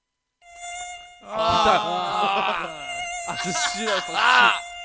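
A voice imitates a mosquito's whine: a thin, high, nasal buzz that holds steady, then wavers and swoops in pitch over several seconds, fairly loud with no other talk.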